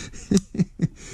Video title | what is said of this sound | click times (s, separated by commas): UNBOXING and review of Black Rain Ordnance licensed airsoft from King Arms. | snapped back in with a really nice click | 0.4 s